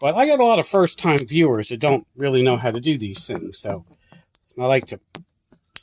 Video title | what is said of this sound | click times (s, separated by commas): First Look at the Callsun 200 -Watt Flexible Solar Panel | We put them in. Heard the little click. | 5.8 s